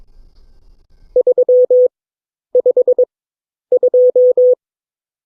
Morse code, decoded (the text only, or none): 352